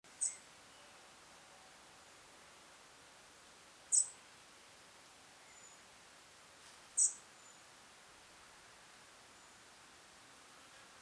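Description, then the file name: European robin calls: short, sharp, high-pitched notes, about four of them at irregular intervals of roughly three to four seconds, with soft background hiss. "Erithacus rubecula"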